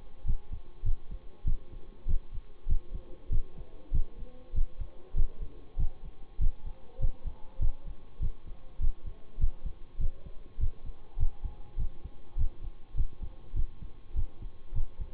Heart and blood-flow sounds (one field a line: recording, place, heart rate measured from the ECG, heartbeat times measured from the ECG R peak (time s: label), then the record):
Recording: heart sounds by stethoscope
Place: between the tricuspid and mitral areas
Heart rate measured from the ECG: 99 bpm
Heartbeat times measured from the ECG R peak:
0.25 s: heartbeat
0.84 s: heartbeat
1.45 s: heartbeat
2.07 s: heartbeat
2.67 s: heartbeat
3.30 s: heartbeat
3.92 s: heartbeat
4.54 s: heartbeat
5.15 s: heartbeat
5.77 s: heartbeat
6.39 s: heartbeat
6.99 s: heartbeat
7.60 s: heartbeat
8.20 s: heartbeat
8.80 s: heartbeat
9.39 s: heartbeat
9.99 s: heartbeat
10.59 s: heartbeat
11.17 s: heartbeat
11.77 s: heartbeat
12.36 s: heartbeat
12.95 s: heartbeat
13.54 s: heartbeat
14.14 s: heartbeat
14.73 s: heartbeat
From the record:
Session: bicycle stress test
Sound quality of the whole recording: good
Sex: male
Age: 26 years